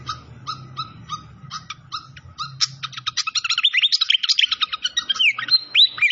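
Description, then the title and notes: Malaysian pied fantail song: evenly spaced sharp chips that quicken into a jumble of squeaky slurred whistles, over a soft low hum. Clear-voiced song used for training cage birds, mixed with the sound of flowing water. "Masteran Sikatan Kipas Suara Jernih Dan Suara Gemericik Air. Suara Burung Sikatan Londo"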